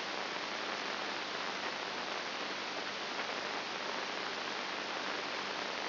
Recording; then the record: brain microelectrode recording played as sound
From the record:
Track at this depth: inside the subthalamic nucleus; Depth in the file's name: 2.501 mm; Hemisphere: right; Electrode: 2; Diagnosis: Parkinson's disease